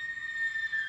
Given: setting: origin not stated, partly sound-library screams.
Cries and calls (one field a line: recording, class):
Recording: one-second piece from a danger detection set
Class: woman in danger